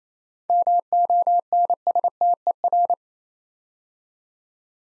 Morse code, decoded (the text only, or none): MONSTER